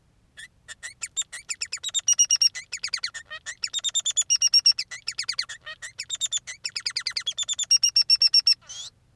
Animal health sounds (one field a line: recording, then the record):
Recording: song of a male Bengalese finch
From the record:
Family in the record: son of father 3